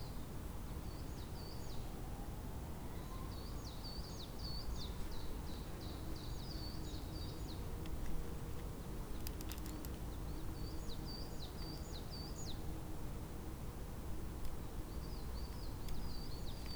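A spring day in Tivoli Park, Ljubljana, with a steady low rumble filling the background throughout. Bright, rapid chirping bird phrases come in bursts near the start, around five to eight seconds, at ten to twelve, and again near the end, with a few sharp clicks around nine seconds.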